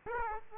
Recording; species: mosquito wingbeat signal from an infrared sensor; Aedes aegypti